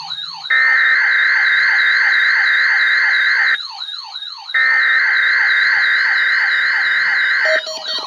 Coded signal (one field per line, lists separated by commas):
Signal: Emergency Alert System (SAME) tones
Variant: header bursts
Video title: EAS #63 Required Weekly Test + 996 Dies